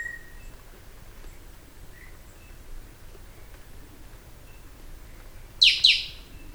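Bird: after quiet, faint whistles, a bird gives a single pair of sharp notes dropping quickly in pitch near the end.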